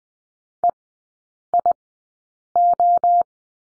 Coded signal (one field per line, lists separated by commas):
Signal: Morse code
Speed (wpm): 20 wpm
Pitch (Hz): 700 Hz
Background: none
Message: EIO